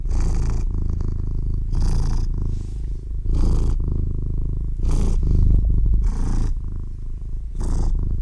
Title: Cat Purring